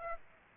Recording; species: mosquito wingbeat signal from an infrared sensor; Aedes aegypti